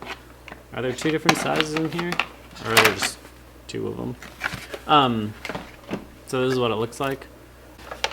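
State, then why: Seated. A plastic seed-catching guard, meant to reduce seed scatter, is fitted onto a smart bird feeder while someone talks through most of the clip. A sharp snap at 8.0 s marks the guard snapping into place on the feeder.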